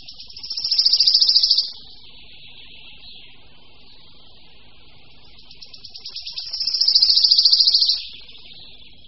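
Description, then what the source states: Wood Warbler singing two high trills several seconds apart, each swelling into a fast, shimmering run of notes before ending abruptly. Simple accelerating song delivered with such verve the bird trembles all over; sung from branches in the lower crown and often during slow gliding flight between branches.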